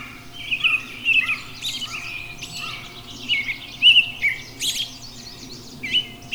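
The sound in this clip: Robin giving thin, high warbling phrases with short whistles and trills.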